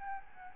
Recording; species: mosquito wingbeat signal from an infrared sensor; Aedes albopictus